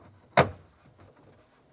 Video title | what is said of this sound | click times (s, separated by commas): How to Replace HVAC Dash Vent Louver 2000-2006 Chevrolet Tahoe | Press it in, listen for a click, make sure it's secured all the way around. | 0.4 s